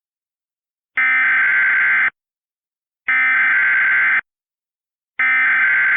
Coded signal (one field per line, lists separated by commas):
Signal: Emergency Alert System (SAME) tones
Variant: header bursts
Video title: *VALID TONES* Hurricane Dennis "Extreme Wind Warnings" (EAS Remakes)